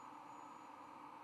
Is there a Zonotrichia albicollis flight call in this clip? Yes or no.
no